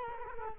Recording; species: mosquito wingbeat signal from an infrared sensor; Culex quinquefasciatus